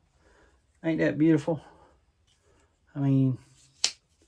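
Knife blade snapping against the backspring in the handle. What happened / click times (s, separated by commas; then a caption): The folding blade snapped into place / 3.8 s. Someone talks, then the restored blade of an old Kabar folding knife snaps into place against the backspring in the handle under spring tension. A sharp, loud snap is heard at 3.8 s, and the blade is seated.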